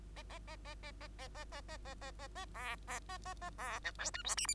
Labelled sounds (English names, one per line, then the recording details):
Bengalese Finch song
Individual Bird2